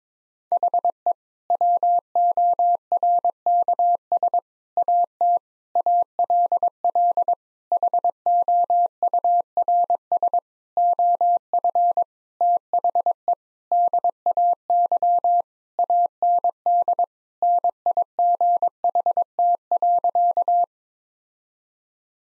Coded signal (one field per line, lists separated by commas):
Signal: Morse code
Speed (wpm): 22 wpm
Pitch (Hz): 700 Hz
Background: none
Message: HE WORKS AT ALL HOURS OF THE DAY AND NIGHT.